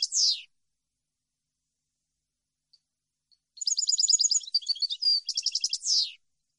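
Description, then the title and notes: European goldfinch song: a short descending buzzy note, a pause, then a fast twittering phrase of tinkling notes ending in a drawn-out downslurred buzz. Clean goldfinch song for copying, used for song training. "Cd Jilguero. Cd de canto de jilguero limpio para copia"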